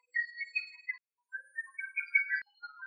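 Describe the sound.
Lesser cuckoo giving clear whistled phrases of several quick notes, stepping up and down in pitch: two phrases separated by a short pause, then the start of a third.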